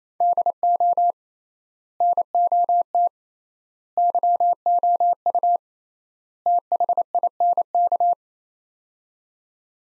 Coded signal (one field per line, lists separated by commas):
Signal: Morse code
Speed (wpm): 27 wpm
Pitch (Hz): 700 Hz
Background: none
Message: DO NOT YOU THINK